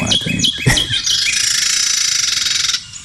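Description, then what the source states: Carolina Wren harsh call, a few sharp notes followed by a long dry buzzy chatter of rapid repeated pulses. Same bird as an earlier song; the bird is thought to be agitated when making this noise.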